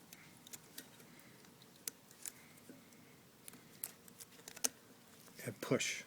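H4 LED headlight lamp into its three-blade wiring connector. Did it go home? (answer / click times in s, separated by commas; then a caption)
no / none. An H4 LED headlight lamp (Headwinds 8-9551B) is being handled at its three-blade wiring connector, with the plastic locking tabs about to be pushed in. Small sharp ticks and handling clicks are heard around 0.8, 1.9, 2.3, 3.5, 3.8 and 4.7 seconds, someone talks briefly, and a louder rustling push builds at the end. Nothing has seated or clicked into place yet.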